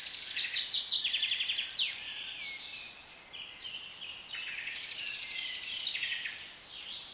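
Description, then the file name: Birds chorusing with dense high trills and chirps, two loud bursts of song with quieter twittering between. British birds. "Birds Atmosphere - Nature Sounds - British Birds"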